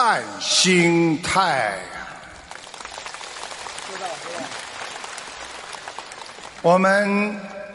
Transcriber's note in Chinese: 掌声